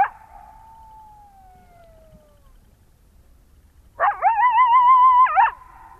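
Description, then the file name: Coyote howl: a long, slowly falling tone fades away, then after a pause a loud, quavering, sustained howl rings out and ends abruptly. "coyote lang elliott"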